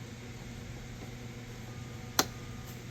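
A glove box damper arm on a 2019 Toyota Highlander is pressed back onto its mounting pin during a cabin filter replacement. Over a steady low background hum, a single sharp click sounds at 2.2 seconds as the arm seats on the pin.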